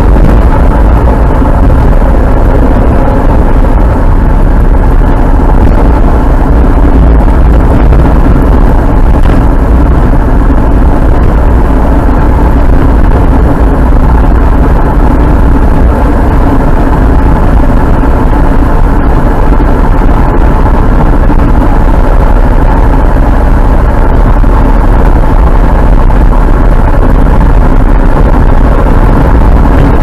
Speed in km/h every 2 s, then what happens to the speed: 60, 58, 58, 58, 58, 59, 59, 61, 62, 64, 66, 66, 67, 67, 68.
0-30 speeds up to 68.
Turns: none.